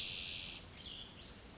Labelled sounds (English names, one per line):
Spotted Towhee